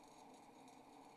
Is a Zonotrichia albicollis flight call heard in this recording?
no